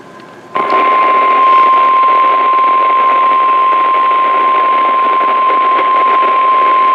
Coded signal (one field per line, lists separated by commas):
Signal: Emergency Alert System (SAME) tones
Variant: 1050 Hz attention tone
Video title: 50 SHADES OF GRAY MAINE... Severe Weather EAS Alerts from August 4th-5th, 2024 (EAS #1,270-1,316)